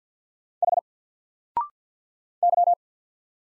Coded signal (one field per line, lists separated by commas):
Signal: Morse code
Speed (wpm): 48 wpm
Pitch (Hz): 700 Hz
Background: none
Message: H Y